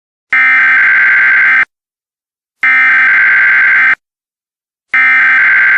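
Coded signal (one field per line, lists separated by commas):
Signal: Emergency Alert System (SAME) tones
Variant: header bursts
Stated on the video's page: Fictional EAS scenario, simulated alert tones.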